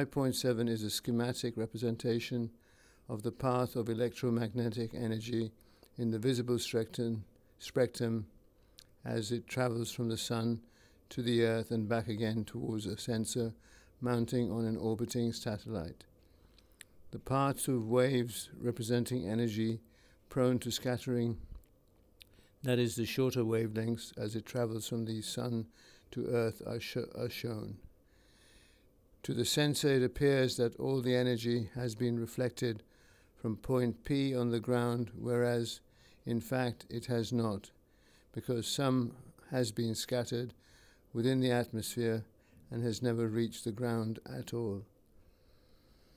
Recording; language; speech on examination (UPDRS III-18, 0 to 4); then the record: text read into a phone; English; 1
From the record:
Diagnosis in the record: Parkinson's disease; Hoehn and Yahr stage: 3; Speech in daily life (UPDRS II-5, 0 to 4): 1